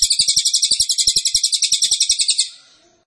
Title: Cililin AMPUH. Masteran Burung cililin masteran sang juara